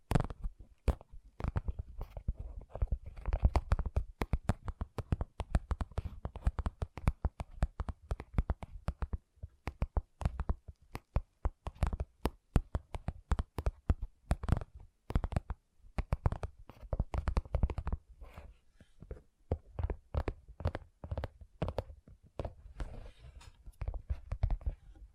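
Gentle tapping continues throughout: a dense, uneven stream of short, crisp taps, sometimes in quick flurries and sometimes more spaced out, with a brief lull around the nineteenth second. Each tap has a soft, low thud under a clicky edge, with near silence between.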